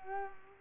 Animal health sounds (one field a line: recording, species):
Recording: mosquito wingbeat signal from an infrared sensor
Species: Culex quinquefasciatus